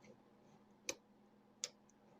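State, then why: Seated. A metal adjuster on the balance bar of a dual master cylinder pedal assembly is turned, and its detent gives a sharp positive-lock click every half turn. Two short, bright clicks are heard at 0.9 s and 1.6 s over a quiet, low hum. The adjuster clicks into each detent position as it turns.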